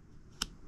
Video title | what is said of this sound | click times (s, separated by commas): aiaiaiai Modular Headphone System (Coupon Code!) | hear that loud click if you go to adjust what's on your head you feel or hear that loud click so | 0.4 s